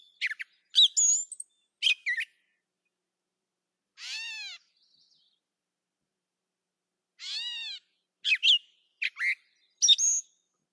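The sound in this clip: Catbird giving short sharp chirps and two drawn-out nasal, arching mew notes about three seconds apart, with clusters of quick high notes before and after.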